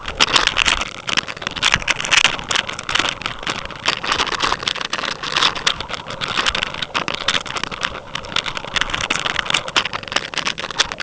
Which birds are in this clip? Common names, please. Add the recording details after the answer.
none. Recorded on Arctic tundra, site UTQI-5, on 12 June 2019. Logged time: 00:00